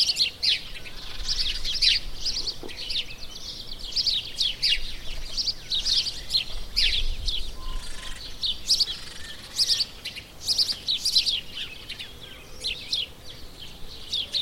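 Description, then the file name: House sparrow chirps: many short, bright notes repeated almost without pause, over a low steady background hum. "Passer domesticus"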